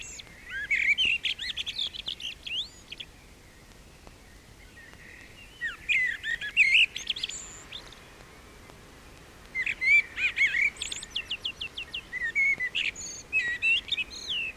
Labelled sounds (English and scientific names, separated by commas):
Common Blackbird (Turdus merula) song